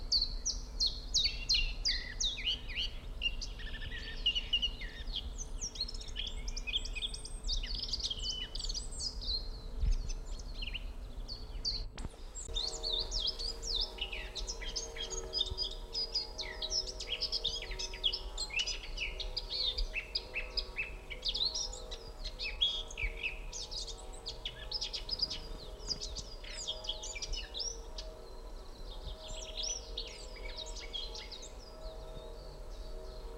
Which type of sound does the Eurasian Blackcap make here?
song